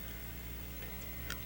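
A wiring connector is pushed into the socket on a seat-belt motor unit inside a car door, over a steady low hum. A single sharp click at 1.3 seconds shows the motor connector seating solidly in its socket.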